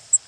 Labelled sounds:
Cape May Warbler (Setophaga tigrina) flight call

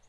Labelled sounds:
Lucy's Warbler (Leiothlypis luciae) flight call

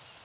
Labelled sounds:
Cape May Warbler (Setophaga tigrina) flight call

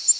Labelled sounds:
Tennessee Warbler (Leiothlypis peregrina) flight call

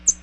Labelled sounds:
American Redstart (Setophaga ruticilla) flight call

